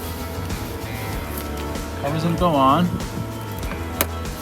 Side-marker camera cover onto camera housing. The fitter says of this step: right, let's snapped in place